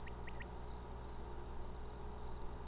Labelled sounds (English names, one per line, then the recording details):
Common Quail
unidentified animal sound
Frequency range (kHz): Common Quail 1.8-3.3 kHz
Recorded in France